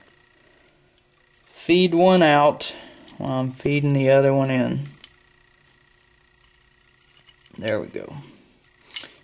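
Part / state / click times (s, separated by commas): rear takedown pin into rifle lower receiver, held by its detent / seated / 9.0 s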